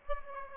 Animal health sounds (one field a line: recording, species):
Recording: mosquito wingbeat signal from an infrared sensor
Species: Aedes aegypti